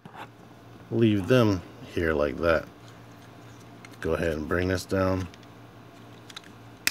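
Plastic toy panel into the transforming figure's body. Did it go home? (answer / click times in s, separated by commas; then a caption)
yes / 6.9 s. Someone talks while a plastic panel on a Combiner Wars Constructicon Scrapper transforming robot toy is brought down into the figure's body. A few faint plastic ticks come just before a sharp, loud click at 6.9 s as the panel snaps into place and seats.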